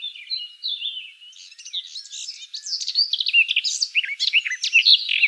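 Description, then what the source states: Garden warbler song: soft warbling start that builds into a louder, rapid, babbling stream of mixed chirps and trills. Recorded 19 May 2013.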